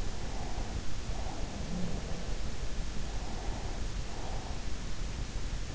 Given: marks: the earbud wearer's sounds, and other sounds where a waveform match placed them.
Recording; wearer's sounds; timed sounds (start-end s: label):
sounds in sleep by an in-ear microphone; breath
0.00-2.40 s: breath
3.20-4.97 s: breath